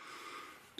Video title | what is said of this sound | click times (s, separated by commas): LEGO 2022 Marvel 76231 Guardians of the Galaxy Advent Calendar set review! | you push this in locks into place so you kind of have uh | 0.8 s